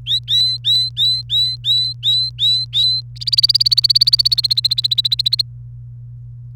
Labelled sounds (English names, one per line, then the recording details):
Domestic Canary song
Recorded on 28 April 2018 at 16:35
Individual llb3